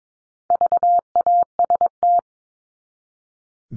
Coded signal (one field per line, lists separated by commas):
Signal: Morse code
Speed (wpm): 22 wpm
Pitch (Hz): 700 Hz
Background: none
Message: VAST